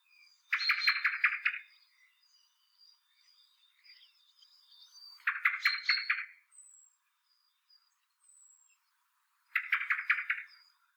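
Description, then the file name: Common blackbird giving harsh, rapid clucking chatter in three bursts about four seconds apart, with thin high drawn-out notes between them. "Turdus merula"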